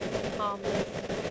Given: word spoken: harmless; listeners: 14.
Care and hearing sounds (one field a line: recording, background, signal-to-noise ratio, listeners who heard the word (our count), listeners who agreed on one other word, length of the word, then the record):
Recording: one English word in noise, from a listening test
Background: noise modulated by three-talker babble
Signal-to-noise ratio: -4.0 dB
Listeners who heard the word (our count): 1 of 14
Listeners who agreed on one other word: 6 of 14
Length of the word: 0.90 s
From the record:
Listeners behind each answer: 6, 3, 2, 1, 1, 1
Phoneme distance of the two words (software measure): 27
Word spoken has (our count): 2 syllables, 6 phonemes, stress on syllable 1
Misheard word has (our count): 2 syllables, 5 phonemes, stress on syllable 1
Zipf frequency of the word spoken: 3.62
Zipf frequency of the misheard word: 3.30